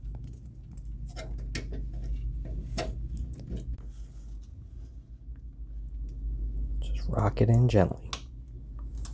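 A power supply cable's plastic connector is rocked gently into its socket in a desktop PC, with the latch tab facing out. Someone talks over soft handling and short taps. The connector clicks into place at 9.1 seconds and is seated.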